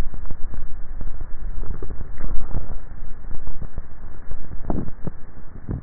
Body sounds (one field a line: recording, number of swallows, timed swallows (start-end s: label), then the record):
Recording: swallowing sounds by neck microphone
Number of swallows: 1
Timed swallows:
1.60-2.37 s: swallow
From the record:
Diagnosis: dysphagia